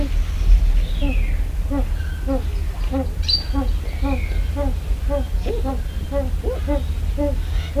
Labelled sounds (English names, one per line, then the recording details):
White Eared Pheasant call
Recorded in captivity
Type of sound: call
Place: Vogelpark Walsrode, Niedersachsen, DE
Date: 1975-08-25
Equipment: Halbspur, 9,5 cm/s
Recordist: Lütgens, Hans
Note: Rufe